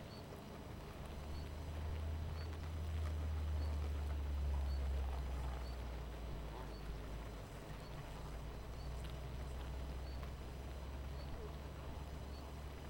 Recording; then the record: honeybee colony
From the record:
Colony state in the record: missing queen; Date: 14 July 2017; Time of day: 18:50